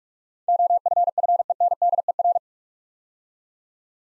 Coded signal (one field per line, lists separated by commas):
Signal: Morse code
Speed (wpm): 44 wpm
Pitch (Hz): 700 Hz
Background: none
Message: OFFENDER